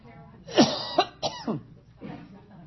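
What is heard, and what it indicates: Four abrupt voiced grunt-like bursts in about a second from an adult man, caused by involuntary diaphragm spasms that interrupt his speech. The spasms come and go, and while they last he cannot talk.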